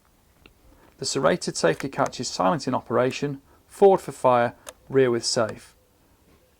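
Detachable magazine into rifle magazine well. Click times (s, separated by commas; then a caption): 0.5 s. A polymer five-round magazine is pushed up into the magazine well of a CZ 457 Synthetic .22 LR rimfire rifle, and its latch clicks home with a single sharp tick at 0.5 s, leaving the magazine seated firmly in position. Afterward someone talks.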